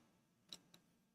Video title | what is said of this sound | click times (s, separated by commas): Elegoo Centauri Carbon installing a vented top riser. Sponsored by Fabreeko! #OpenSourceLove | See, you guys There you go. Can you guys hear that loud little pop? | 0.5 s